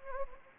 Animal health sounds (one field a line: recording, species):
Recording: mosquito wingbeat signal from an infrared sensor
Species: Anopheles gambiae